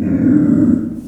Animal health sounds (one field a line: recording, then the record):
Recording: squeal of a Yucatan mini pig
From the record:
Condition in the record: after surgery on the right vocal fold (resection and tissue-engineered implant)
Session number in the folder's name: 5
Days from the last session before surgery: 33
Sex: female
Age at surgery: 19 weeks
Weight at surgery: 25 kg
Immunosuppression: prednisolone